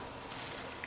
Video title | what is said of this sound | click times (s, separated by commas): 31" RC Disney Nautilus submarine from 20,000 Leagues Under the Sea | snaps in place give it a little squeeze | 0.8 s